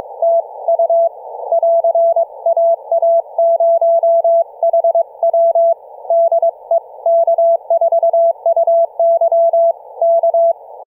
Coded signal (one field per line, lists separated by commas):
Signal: Morse code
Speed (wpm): 22 wpm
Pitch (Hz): 670 Hz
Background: none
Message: TU <AR> AA0HW DE K4UY K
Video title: Forensic Audio & Network Testing a HomeBrew Remote Rig CW KEYING system for an ELECRAFT K3S(pt3)